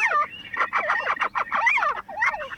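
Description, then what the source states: Little owl calls, a rapid chattering series of squeaky, wavering notes rising and falling in pitch. Two little owls at a nest box; male calling to the female, telling her it is a very nice home and she should come in and lay eggs; female not yet fully convinced.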